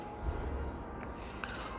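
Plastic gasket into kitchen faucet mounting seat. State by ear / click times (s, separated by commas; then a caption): not seated / none. While mounting a kitchen mixer faucet, a plastic gasket is pressed by hand toward its mounting seat over low background noise, with two short sharp clicks near 1.0 and 1.4 seconds. These clicks are not a seating: the gasket has not seated, and despite repeated effort it does not go into place.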